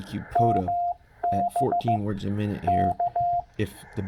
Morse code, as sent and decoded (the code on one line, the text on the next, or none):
-- -... / -.-
MB K